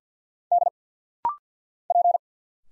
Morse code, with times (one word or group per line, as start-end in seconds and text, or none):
0.5-0.7 D
1.9-2.2 P